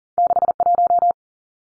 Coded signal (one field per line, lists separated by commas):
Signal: Morse code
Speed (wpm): 40 wpm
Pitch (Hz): 700 Hz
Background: none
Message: 61